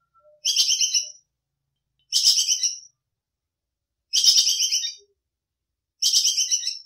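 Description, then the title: Squirrel: four harsh, rapidly pulsed chattering bursts from a squirrel, each under a second, spaced about two seconds apart. Squirrel 'kekes' call, described as gacor (calling constantly), used for masteran training. "MASTERAN BAJING KEKES GACOR"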